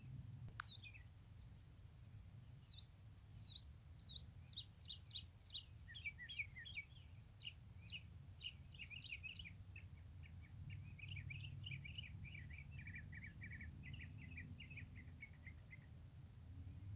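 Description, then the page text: Icterine warbler song: a long, rapid, varied run of chattering and whistled notes, some repeated in short series, over a steady low rumble and a constant high thin tone. Recorded in Mytishchi, Moscow Oblast, Russia, on 24 May 2023 around 12:30. "Мытищи, Московская обл."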